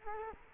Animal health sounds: mosquito wingbeat signal from an infrared sensor; Culex quinquefasciatus

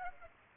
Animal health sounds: mosquito wingbeat signal from an infrared sensor; Aedes aegypti

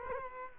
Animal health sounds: mosquito wingbeat signal from an infrared sensor; Culex quinquefasciatus

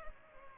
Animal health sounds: mosquito wingbeat signal from an infrared sensor; Culex pipiens

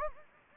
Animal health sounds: mosquito wingbeat signal from an infrared sensor; Anopheles gambiae

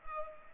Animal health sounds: mosquito wingbeat signal from an infrared sensor; Culex pipiens

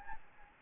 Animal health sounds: mosquito wingbeat signal from an infrared sensor; Anopheles gambiae

